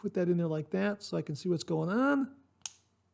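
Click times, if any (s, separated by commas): 2.7 s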